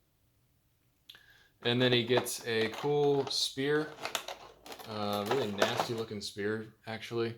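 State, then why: Not seated. A plastic disc weapon is fitted into the small plastic side holster of a NECA SDCC 2019 Batman versus Predator 2-Pack action figure; it takes some finagling and does not snap in, but it rests there. After near silence, a brief sharp tap of handling comes at 1.1 s, followed by someone talking. Nothing has seated or clicked yet.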